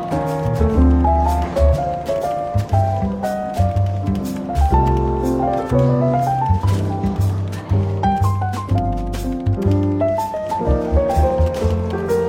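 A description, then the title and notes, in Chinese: Soft, relaxed jazz plays in a bookstore café, with a walking bass line low down and a melody moving in short, stepping phrases above it. Light percussion ticks at a steady, even pace, and the level stays constant throughout. Faint murmuring chatter sits beneath the music. 伦敦书店咖啡馆轻微喧闹氛围与柔和轻松的爵士背景音乐。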